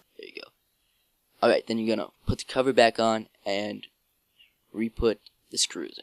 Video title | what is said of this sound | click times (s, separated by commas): Get Rid of Other on Mac/Install SSD on Mac/Install RAM on Macbook Pro 2011,12,13 | you hear the click you'll know that it's in there you go | 0.2 s, 0.3 s, 0.4 s